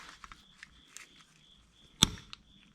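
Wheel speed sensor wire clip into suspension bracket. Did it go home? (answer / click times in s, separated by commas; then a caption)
yes / 2.0 s. On a 2006 Buick Rendezvous, the wheel speed sensor wire is routed around the sheet metal suspension bracket, and its plastic retaining clip is pressed into the bracket. A few faint taps and handling noises lead up to one sharp, loud snap at 2.0 s as the tight clip seats, followed by a smaller tick at 2.3 s. The clip is seated.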